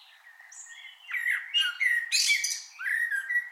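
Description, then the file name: Common blackbird singing a warbled phrase of low fluted notes that breaks into a high squeaky twitter. "Turdus merula"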